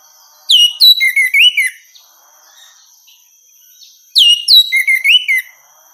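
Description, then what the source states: Orange-headed thrush singing two rich phrases of sliding whistles and chirps, separated by a pause of a few seconds. Female; recording meant for therapy or training.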